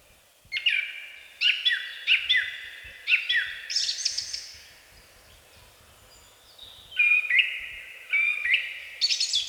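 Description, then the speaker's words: Song thrush song: short whistled phrases repeated several times, a pause, then more repeated phrases. Song; rendered as 'Spiridon, Spiridon, come, come, drink tea, drink tea'; voice sonorous, solemn; long, varied song, heard from early April, loudest mornings and evenings; sings at sunset from spruce tops. "С начала апреля, едва певчие дрозды прилетают на родину, с утра до вечера, особенно громко именно по утрам и вечерам, звучит их песня. Вот-вот, слышите?"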